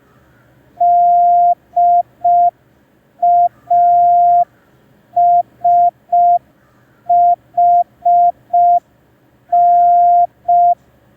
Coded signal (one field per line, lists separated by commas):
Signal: Morse code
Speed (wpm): 5 wpm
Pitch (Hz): 700 Hz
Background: none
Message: DASHN